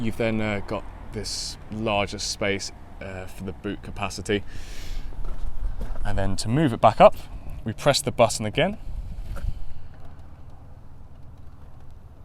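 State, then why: Not seated. Someone talks about the larger boot space in a BMW X5 3.0 30d M Sport Auto xDrive, then a button is pressed to raise the electrically retracting rear seat backrest back toward its upright position. Nothing has seated or clicked yet; the clip ends just before the backrest locks upright.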